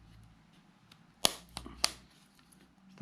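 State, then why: Seated. A plastic lock ring for an e-bike pedal sensor is pressed over the pedal sensor magnet at the top of a bicycle's crank and bottom bracket area, on a vintage mountain bike fitted with a Swytch kit. Sharp plastic snaps ring out at 1.3 s and 1.8 s, with a softer click between them, as the ring snaps in place and is seated.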